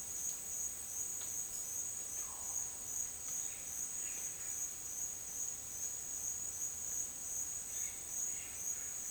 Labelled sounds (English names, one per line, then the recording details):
none
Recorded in dense forest near Puerto Asís, Putumayo, Colombia, on 25 June 2025 at 11:30
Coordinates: 0.484, -76.325
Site H65